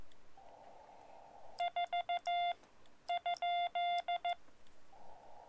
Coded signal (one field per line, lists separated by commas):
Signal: Morse code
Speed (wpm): 14 wpm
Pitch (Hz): 700 Hz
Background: none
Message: 4 ?